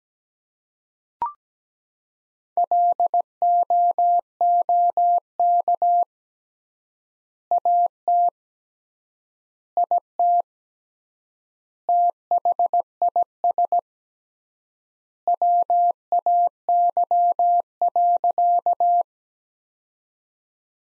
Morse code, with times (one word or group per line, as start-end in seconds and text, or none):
2.6-6.0 LOOK
7.5-8.3 AT
9.8-10.4 IT
11.9-13.8 THIS
15.3-19.0 WAY.